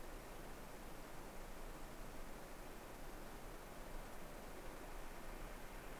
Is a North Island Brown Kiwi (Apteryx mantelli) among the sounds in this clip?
no